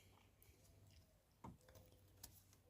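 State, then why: Not seated. An engine wiring harness connector is handled near the upper timing chain cover of an Audi Q5 2.0T, just after the cover is installed. Against a low, steady hum, light handling ticks come at about 0.4 s, 1.5 s and 2.2 s. Nothing has seated or clicked yet.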